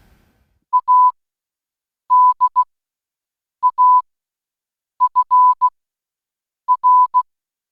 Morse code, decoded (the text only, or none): A D A F R